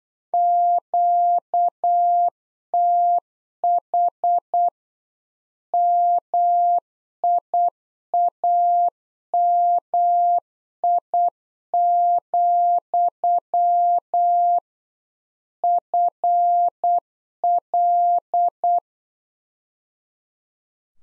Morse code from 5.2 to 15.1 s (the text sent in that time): MIAMI,